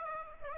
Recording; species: mosquito wingbeat signal from an infrared sensor; Aedes aegypti